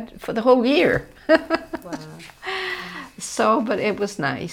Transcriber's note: laughs